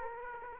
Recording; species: mosquito wingbeat signal from an infrared sensor; Aedes aegypti